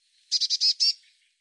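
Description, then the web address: Bird calling a short burst of five rasping, high notes in rapid succession, the final two slightly longer, then quiet. "cianscape birddata Deverinetal 2025 File cleaned normalized Bird Cy Ca"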